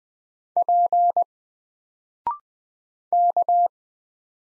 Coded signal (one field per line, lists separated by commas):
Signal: Morse code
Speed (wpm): 20 wpm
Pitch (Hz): 700 Hz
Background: none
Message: P K